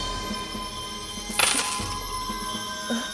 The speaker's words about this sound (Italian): Poi tirò fuori un sacco pieno di monete d'oro.